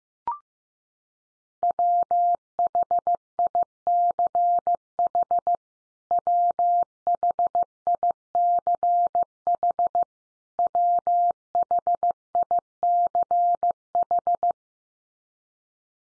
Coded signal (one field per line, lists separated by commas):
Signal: Morse code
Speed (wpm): 15 wpm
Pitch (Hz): 700 Hz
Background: none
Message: WHICH WHICH WHICH